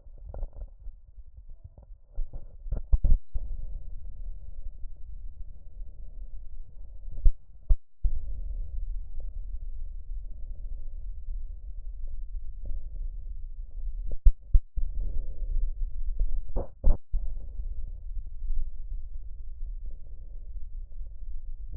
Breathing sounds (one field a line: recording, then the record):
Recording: lung sounds by stethoscope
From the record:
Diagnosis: emphysema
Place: left posterior upper chest